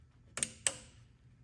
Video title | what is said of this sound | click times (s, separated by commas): New fuel pump installed | That clicked right in really nice. | 0.4 s, 0.7 s